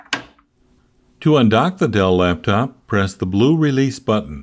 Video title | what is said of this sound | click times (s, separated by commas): Gamber Johnson How to Dock and Release the Dell Latitude Rugged Laptop Docking Station - USB | while closing the front latch you will hear a clicking sound when the latch is engaged | 0.1 s